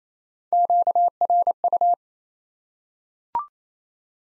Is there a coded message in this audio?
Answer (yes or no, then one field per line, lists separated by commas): yes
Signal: Morse code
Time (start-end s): 0.5-1.9 s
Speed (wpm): 28 wpm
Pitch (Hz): 700 Hz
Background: none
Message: QRU